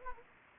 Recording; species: mosquito wingbeat signal from an infrared sensor; Anopheles gambiae